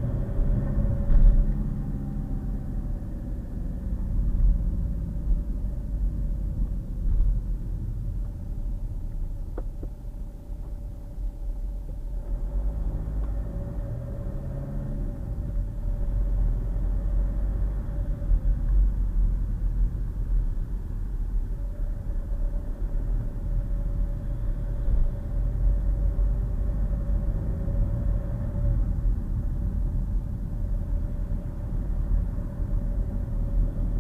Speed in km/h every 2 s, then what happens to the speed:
31, 26, 21, 16, 8, 6, 16, 18, 21, 18, 15, 18, 21, 26, 26, 26, 31.
0-8 slows to 8. 10-15 speeds up to 21. 20-26 speeds up to 26.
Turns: none.